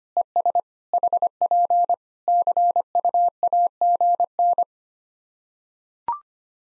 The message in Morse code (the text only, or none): ES HP CUAGN